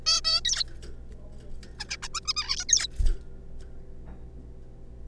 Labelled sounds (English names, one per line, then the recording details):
Zebra Finch
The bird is a juvenile
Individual R3549